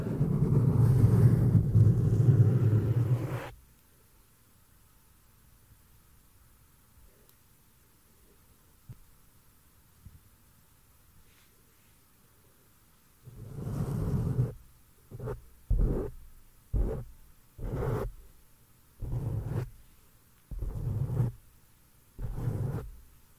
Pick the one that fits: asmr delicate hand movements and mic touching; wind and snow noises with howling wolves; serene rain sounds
asmr delicate hand movements and mic touching